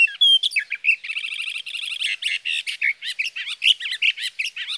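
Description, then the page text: Sage thrasher singing a rapid sequence of buzzy trills and slurred warbled notes, with a thin high whistle at the start. Male singing through the night near his night roost, evenings of June 12 to morning of June 15, 2018, Sierra Valley, California; recorded with a Swift recorder. "61. Sage thrasher songs, through the night."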